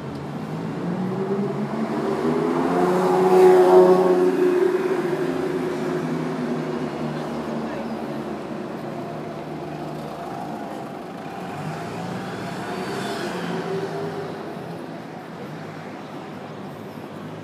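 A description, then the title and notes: Marylebone High Street on a Thursday morning, with a steady low traffic rumble throughout. A vehicle swells past around three to five seconds with a rising engine tone, and another milder pass comes near thirteen seconds. Faint voices mix into the street noise. Marylebone High Street on a Thursday morning.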